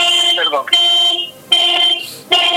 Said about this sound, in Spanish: Un auto, la alarma de un auto se ha disparado. Ahí estamos. Bueno, el dueño del auto logró hacer callar la alarma